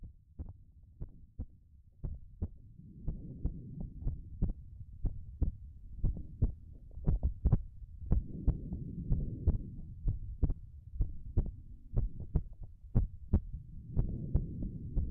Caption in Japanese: ママの心臓の音、さっきよりもはっきり聞こえるよね。